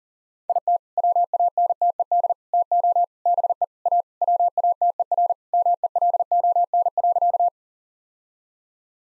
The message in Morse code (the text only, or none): IT WANTED TO BE A WATERMELON.